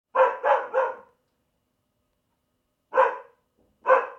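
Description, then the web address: Dog barking: a quick run of three gruff barks, a pause of nearly two seconds, then two single barks about a second apart. "Tom Hutchings Dog Barking"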